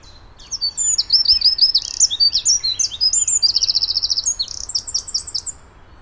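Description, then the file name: Eurasian wren giving a loud, high, rapid song of sharp notes and fast rattling trills, pouring out continuously for about five seconds. "Troglodytes troglodytes"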